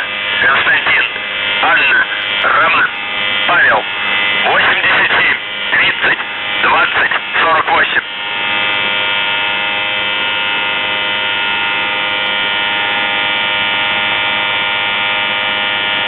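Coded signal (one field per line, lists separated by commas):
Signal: channel marker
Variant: UVB-76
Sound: a man speaking over a harsh drone, then an unbroken monotone buzz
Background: radio static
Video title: The Buzzer/UVB-76(4625Khz) May 4th, 2023 Voice messages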